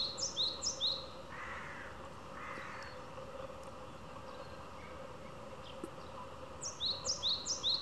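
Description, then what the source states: Japanese tit singing quick paired notes, high then lower, in short bursts at the start and end, with a quiet gap between. Repeated tsu-pee tsu-pee song; the tone and rhythm of the voice change subtly partway through.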